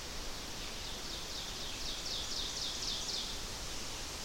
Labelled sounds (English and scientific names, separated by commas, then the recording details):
Ovenbird (Seiurus aurocapilla) song
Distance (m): 65 m
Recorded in boreal forest in Alberta, Canada, on 12 June 2016 at 05:46
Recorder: SongMeter 3, array SBT-3-18
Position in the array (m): 210 m, 85 m
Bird 31